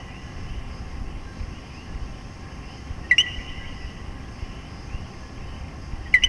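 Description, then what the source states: Common coquí calling its two-note co-QUÍ, a short low note then a higher one, heard twice about three seconds apart over a steady background drone. Puerto Rico.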